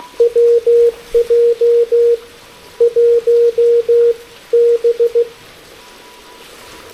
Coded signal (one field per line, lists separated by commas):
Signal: Morse code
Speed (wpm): 15 wpm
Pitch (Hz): 470 Hz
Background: none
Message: WJ 1 B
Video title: QRP, Morse Code & Tea: A Rainy-Day POTA Activation with the Elecraft K2, AX3, and Vibroplex Bug!